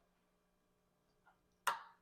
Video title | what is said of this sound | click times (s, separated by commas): The Best E-MTB of 2024 - Intense Tazer MX Pro Carbon - Unboxing and Complete Overview | one click two clicks we know it's good now | 1.7 s